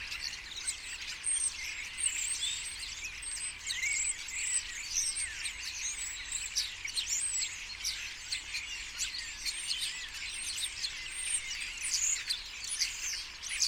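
Common starlings chattering nonstop in a group, a dense wash of whistles, squeaks and clicking notes that swells slightly at times.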